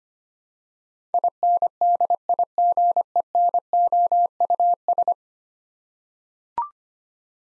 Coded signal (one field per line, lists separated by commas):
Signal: Morse code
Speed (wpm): 25 wpm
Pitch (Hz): 700 Hz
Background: none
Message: INDIGENOUS